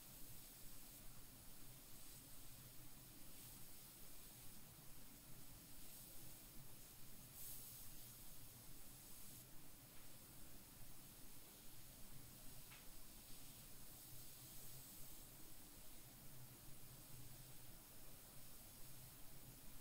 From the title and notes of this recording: ASMR Tingliest hair sounds Scalp oiling, head massage + skinhair scratching.